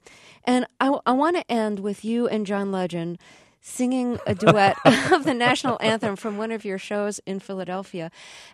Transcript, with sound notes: And I want to end with you and John Legend singing a duet...
(Soundbite of laughter)
Of the National Anthem from one of your shows in Philadelphia.